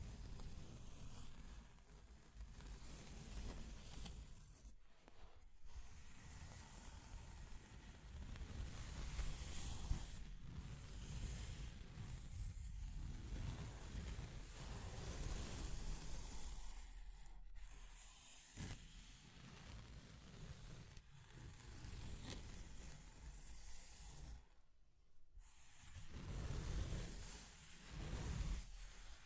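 Scratching and tracing sounds form a dense, rough rasp that runs almost without pause, heavy in the low end with a hissy top. Brief breaks interrupt it around 5, 10, 17 and 25 seconds, and the level swells and dips slightly between strokes.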